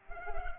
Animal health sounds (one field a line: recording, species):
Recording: mosquito wingbeat signal from an infrared sensor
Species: Culex pipiens